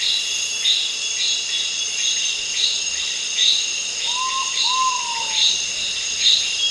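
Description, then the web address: Great pitta giving two whistled notes near the fourth second, the first short, the second longer, over a steady high-pitched insect chorus that pulses repeatedly. Recorded in Indonesia. "ULM-DS-Lab indonesian-bird-sounds. Pitta maxima"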